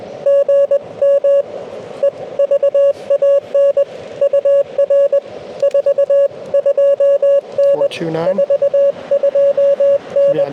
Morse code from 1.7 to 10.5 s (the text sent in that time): EVAN UR 42N 42N